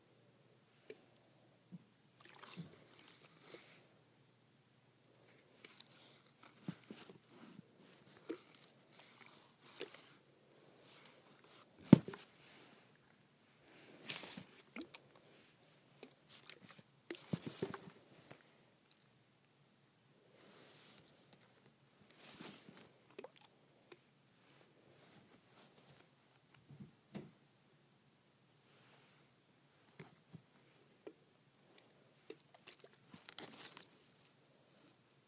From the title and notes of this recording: ASMR Shaking Hair Spray Bottle.